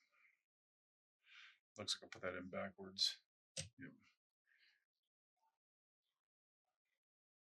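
A plastic part of an HG RX-78 (G)E model kit, first inserted backwards, is handled as it is re-fitted toward its mating socket on the kit while someone talks over faint handling noises. The clip ends before the part goes home, so nothing has snapped or seated yet.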